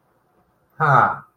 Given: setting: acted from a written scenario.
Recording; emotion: vocal sound without words; interest